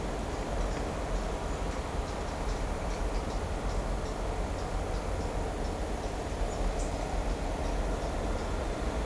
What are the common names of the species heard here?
none